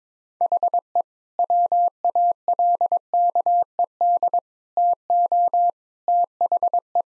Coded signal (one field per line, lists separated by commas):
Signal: Morse code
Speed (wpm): 22 wpm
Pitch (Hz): 700 Hz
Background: none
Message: HE WALKED TO THE